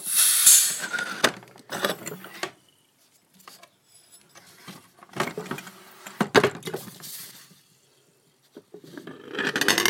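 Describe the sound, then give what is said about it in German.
A fizzy water bottle is twisted open with a sharp burst of hiss, followed by scattered plastic crackles, rubbing and handling noises, with quiet gaps between them. “Siehe da! Tischendes, geiles, tolles Sprudelwasser.”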